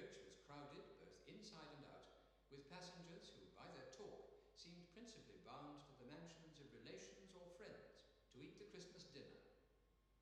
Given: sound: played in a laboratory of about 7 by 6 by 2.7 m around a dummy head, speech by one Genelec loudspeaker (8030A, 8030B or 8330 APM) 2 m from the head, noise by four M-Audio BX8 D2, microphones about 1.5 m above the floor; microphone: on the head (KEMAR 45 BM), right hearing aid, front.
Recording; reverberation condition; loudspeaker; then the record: male speech in English; high; 30 degrees to the right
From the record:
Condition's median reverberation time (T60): about 1300 ms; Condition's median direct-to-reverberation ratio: about -4.0 dB